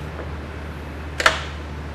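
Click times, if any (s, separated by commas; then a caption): 1.2 s, 1.3 s. A torque wrench tightens the bolts holding the solenoid block (part of a Babymaker 2000 install) on the automatic transmission valve body of a 2019+ Ram 68RFE. Two sharp clicks sound at 1.2 s and 1.3 s over a low steady hum, confirming the bolts are torqued to the setting.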